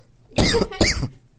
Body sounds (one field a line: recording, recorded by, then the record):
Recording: voluntary cough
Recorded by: messaging app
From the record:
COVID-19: negative